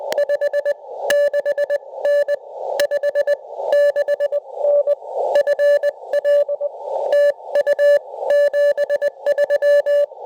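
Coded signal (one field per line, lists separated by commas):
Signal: Morse code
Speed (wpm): 20 wpm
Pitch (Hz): 580 Hz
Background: none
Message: 56N 56N FA TU 73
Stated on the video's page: CW Parks On The Air activation with a Xiegu G90 and 40-10 EFHW wire in a tree, on 40, 30, 20 and 17 meters.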